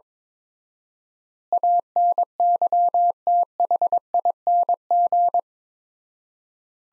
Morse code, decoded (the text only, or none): ANYTHING